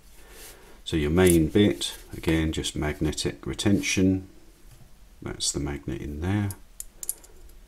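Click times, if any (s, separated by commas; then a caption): none. Someone talks while handling the magnetic bit holder of a BIGiDESIGN EDS II pocket screwdriver, folding it back toward the metal handle. A few short, sharp handling clicks sound near the end, around 6.8 to 7.1 seconds. The clip ends before the holder goes home, so nothing has seated or clicked into place yet.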